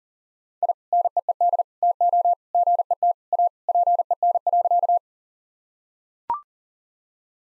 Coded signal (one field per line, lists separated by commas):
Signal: Morse code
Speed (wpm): 40 wpm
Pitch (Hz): 700 Hz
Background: none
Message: I NEED TO GET A PEN.